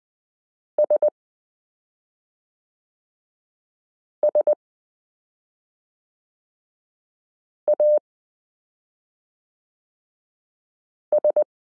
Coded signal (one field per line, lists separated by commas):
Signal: Morse code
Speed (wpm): 20 wpm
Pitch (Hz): 600 Hz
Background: none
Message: SSAS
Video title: Morse Code Listening Lesson 8 - m k r s u a p t l